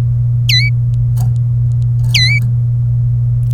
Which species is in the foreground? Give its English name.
Domestic Canary